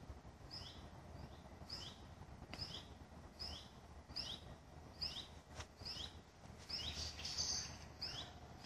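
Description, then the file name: Common buzzard young calling: repeated sharp, high, downward-slurred notes over a low steady rumble. "ruf nachwuchs maeusebussard"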